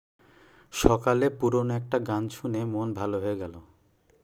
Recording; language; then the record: elicited speech; Bengali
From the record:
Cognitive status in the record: cognitively healthy